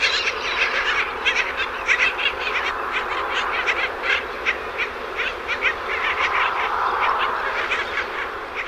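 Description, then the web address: Black skimmers calling in a dense, continuous chorus of nasal, yapping barks, many birds overlapping without a break. North America. "Songs of Birds of North America Stokes. Black Skimmer"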